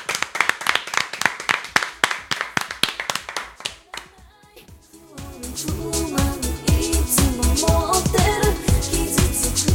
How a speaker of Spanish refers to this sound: que os pido un fuerte aplauso para este software tan poco correspondido y que tanto nos da a cambio de quitarnos tan poco, apenas dos o tres segundicos de nuestras vidas con cada arranque. Cierto, cierto. Bravo, por favor, un aplauso. Bravo.